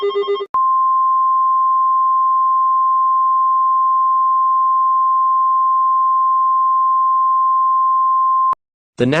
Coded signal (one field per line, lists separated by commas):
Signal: Emergency Alert System (SAME) tones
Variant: 1050 Hz attention tone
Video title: EAS SCENARIO #11 - A Terrible Tornado Outbreak